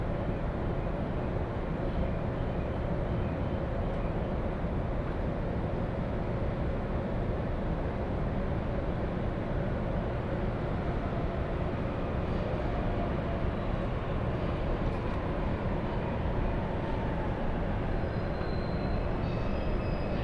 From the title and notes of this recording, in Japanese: 耳で楽しむ鉄道旅 常磐線普通 石岡→土浦→取手。